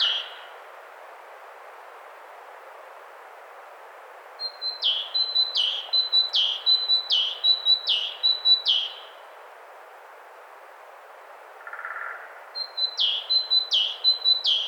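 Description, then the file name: Great tit song: a thin high note paired with a lower falling note, repeated rapidly in two bouts separated by a quiet pause, with a brief soft buzz in between. "Parus major"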